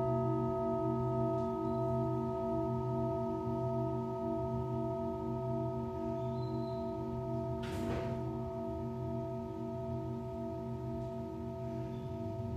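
A singing bowl rings in a steady, sustained drone of layered tones, with a brief bright shimmer of contact near eight seconds.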